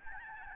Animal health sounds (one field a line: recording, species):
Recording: mosquito wingbeat signal from an infrared sensor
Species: Aedes albopictus